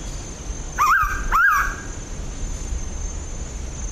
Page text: Yong Ding Li - Мангровая питта (Pitta megarhyncha)